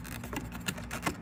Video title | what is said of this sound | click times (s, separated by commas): How To Remove A 1994 - 2004 Ford Mustang Inner Door Panel/Cover | Just give it a firm press. Snaps into place. | 0.7 s